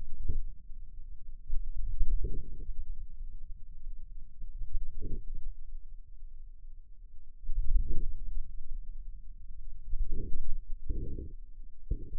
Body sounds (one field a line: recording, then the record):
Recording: forearm muscle sounds (acoustic myography)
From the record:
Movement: hand closing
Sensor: system 2, bracelet of six BSWA MPA416 microphones around the upper forearm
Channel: 6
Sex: male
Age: 22 years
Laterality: right